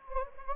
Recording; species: mosquito wingbeat signal from an infrared sensor; Anopheles gambiae